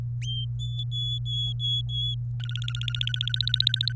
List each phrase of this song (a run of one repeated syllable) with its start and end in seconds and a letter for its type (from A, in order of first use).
0.22-2.15 A, 2.40-3.92 B